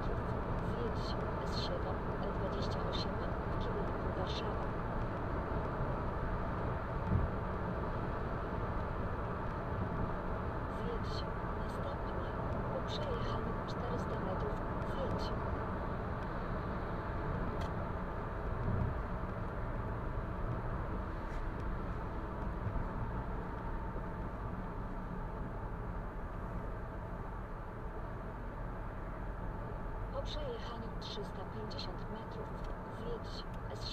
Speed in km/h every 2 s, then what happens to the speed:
115, 115, 115, 115, 115, 111, 110, 108, 104, 101, 98, 89, 81, 78, 78, 77, 78.
0-9 steady at about 115. 9-25 slows to 78. 25-34 steady at about 78.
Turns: none.